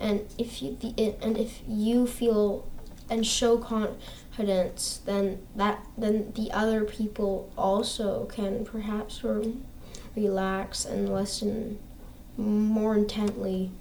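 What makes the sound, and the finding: Adult male speaker. Stuttering.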